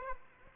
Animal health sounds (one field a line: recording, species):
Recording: mosquito wingbeat signal from an infrared sensor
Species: Aedes aegypti